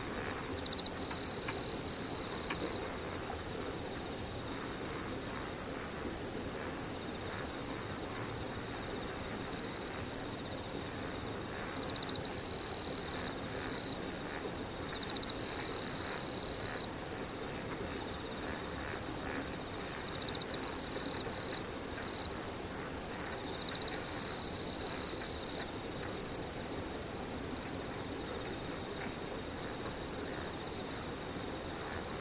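Insects buzz in a steady, high, unbroken drone, with a faint pulsing trill above it that repeats evenly throughout. A few short, louder chirps stand out at irregular moments, around the start, middle and later on. A low, constant rumble sits underneath.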